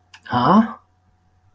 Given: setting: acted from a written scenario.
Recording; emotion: vocal sound without words; confusion